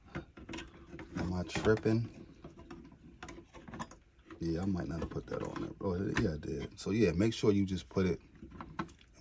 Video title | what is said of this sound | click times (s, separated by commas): Dell Optiplex 7060 MFF Processor Upgrade!!!!! | place and hear these snaps bam good so I didn't so I did the right thing | 8.8 s